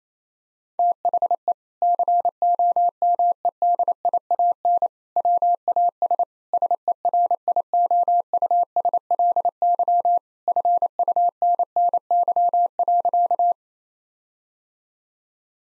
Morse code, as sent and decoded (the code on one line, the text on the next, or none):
- .... . / -.-. --- -- . -.. .. .- -. / .-- .- ... / ... . .-. .. --- ..- ... .-.. -.-- / ..-. ..- -. -. -.-- .-.-.-
THE COMEDIAN WAS SERIOUSLY FUNNY.